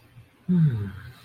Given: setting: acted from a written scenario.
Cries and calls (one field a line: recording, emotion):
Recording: vocal sound without words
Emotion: romantic love